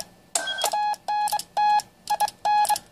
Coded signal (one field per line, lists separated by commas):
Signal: Morse code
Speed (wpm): 23 wpm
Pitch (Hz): 840 Hz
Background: none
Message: ANT IN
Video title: TenTec Power Mite PM3A QSO N4LQ Strikes Again